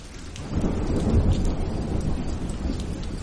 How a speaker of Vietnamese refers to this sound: Đúng vào lúc này, một luồng sét đỏ quạch rạch ngang bầu trời phóng xuống.